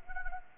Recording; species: mosquito wingbeat signal from an infrared sensor; Anopheles arabiensis